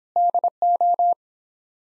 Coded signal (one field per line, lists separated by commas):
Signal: Morse code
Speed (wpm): 26 wpm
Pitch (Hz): 700 Hz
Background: none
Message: DO